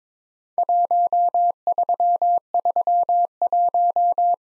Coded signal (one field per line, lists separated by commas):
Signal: Morse code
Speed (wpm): 23 wpm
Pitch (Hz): 700 Hz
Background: none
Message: 1331